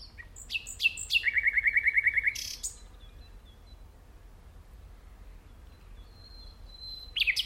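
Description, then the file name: Common nightingale song: a few sharp chips, then a fast, even rattle, a faint thin whistle, and a new phrase beginning. "Luscinia megarhynchos"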